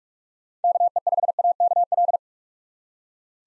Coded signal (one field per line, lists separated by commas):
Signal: Morse code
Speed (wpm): 43 wpm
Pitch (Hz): 700 Hz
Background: none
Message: KE5AKL